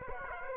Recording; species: mosquito wingbeat signal from an infrared sensor; Aedes aegypti